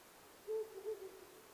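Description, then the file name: Owl producing a low hoot, then a second hoot and a softer third, under a quiet hiss. Recorded 9 May 2009 at 19:10. "fukurou-20090509-1910"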